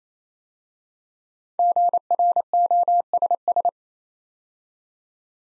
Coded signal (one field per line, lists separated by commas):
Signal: Morse code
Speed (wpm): 29 wpm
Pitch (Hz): 700 Hz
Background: none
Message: GROSS